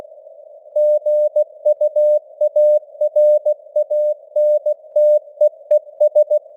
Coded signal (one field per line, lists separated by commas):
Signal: Morse code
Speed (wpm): 16 wpm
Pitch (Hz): 600 Hz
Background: none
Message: GUARANTEES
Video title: Morse Code News | 2025-12-19 | 16wpm